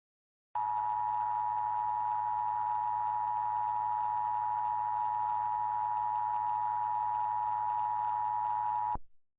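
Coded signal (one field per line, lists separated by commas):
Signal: Emergency Alert System (SAME) tones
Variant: 853 and 960 Hz attention tone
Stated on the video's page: Fictional EAS scenario about a virus outbreak in Gastonia, not a real alert.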